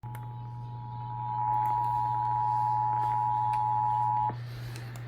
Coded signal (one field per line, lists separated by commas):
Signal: Emergency Alert System (SAME) tones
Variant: 853 and 960 Hz attention tone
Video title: Eas Hgx svr on KTRH 740am KHJK 103.7fm and Kyaz 51.1 Eas#1601- 1603